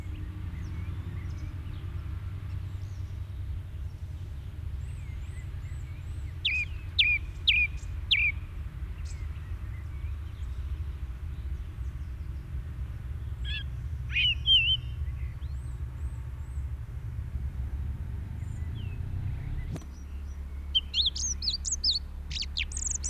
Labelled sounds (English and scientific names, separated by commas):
Song Thrush (Turdus philomelos) song